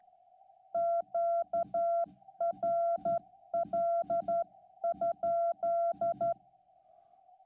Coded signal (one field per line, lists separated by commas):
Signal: Morse code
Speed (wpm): 12 wpm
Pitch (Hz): 680 Hz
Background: none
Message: QRL?